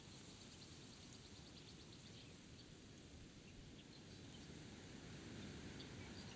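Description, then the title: Budgerigars giving faint, quick high cheeps in short scattered bursts, half buried under strong, steady roaring wind. Budgerigars cheeping near Birdsville, Queensland, on a windy spring morning in September 2022; recorded with a Sennheiser Ambeo 3D headset, high-pass filtered and gain added. "Budgies on a Spring Morning in Birdsville, QLD"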